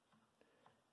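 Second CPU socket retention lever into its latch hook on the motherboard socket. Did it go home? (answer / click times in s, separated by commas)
yes / 0.7 s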